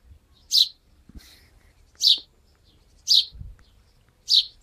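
Game bird calling with short, piercing high chirps, four loud notes in a row over a quiet, low background hum.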